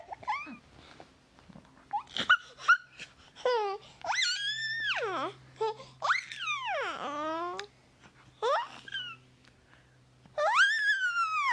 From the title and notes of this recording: Just a little over minute of happy baby noises.